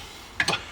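A metal screw being driven into a UTV clutch gives two short, sharp ticks at 0.4 s and 0.5 s, the first louder, with no talking. The screw strips out.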